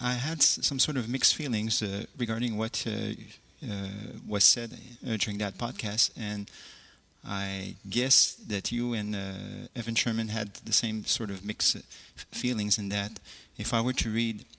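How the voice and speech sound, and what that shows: Adult male speech from a man from Quebec City who stutters, with stretched sounds and uneven pauses mid-phrase, fitting stuttering with prolongations and brief blocks, which he calls blackouts.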